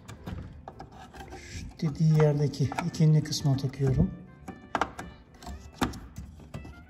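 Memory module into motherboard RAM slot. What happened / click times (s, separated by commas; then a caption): The module is handled but not yet latched home / none. A desktop memory module is handled at a motherboard DIMM slot while someone talks. Brief rubbing and handling noises are heard, with a few sharp ticks near 0.7, 4.8 and 5.8 seconds. The module has not seated or clicked into the slot yet.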